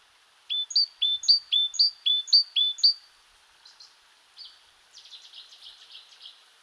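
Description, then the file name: Great tit song: a bright two-note phrase repeated about six times in steady rhythm, followed by softer, scattered high notes and a brief twitter. "Parus major"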